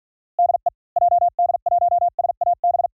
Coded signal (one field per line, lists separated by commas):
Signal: Morse code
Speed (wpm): 46 wpm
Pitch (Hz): 700 Hz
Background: none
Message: DE JD1SAB